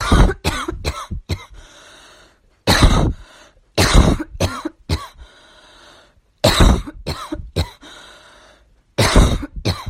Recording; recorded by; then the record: voluntary cough; messaging app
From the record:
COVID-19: positive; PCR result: self-reported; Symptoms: no